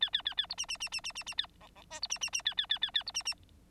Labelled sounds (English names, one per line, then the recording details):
Bengalese Finch song
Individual Bird9